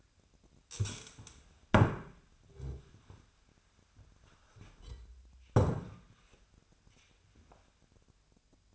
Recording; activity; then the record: daily activity, microphone in the room; stand up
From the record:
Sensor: 2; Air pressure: 1007.7 hPa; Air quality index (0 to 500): 180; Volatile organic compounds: 10 ppm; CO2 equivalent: 2209 ppm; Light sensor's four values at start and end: 9/22/9/9 and 9/23/9/10